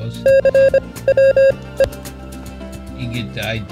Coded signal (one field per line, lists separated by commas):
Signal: Morse code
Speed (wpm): 26 wpm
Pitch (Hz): 540 Hz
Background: speech, music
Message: CWE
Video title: 7 GREAT CW LEARNING SITES / LEARN MORSE CODE WEBSITES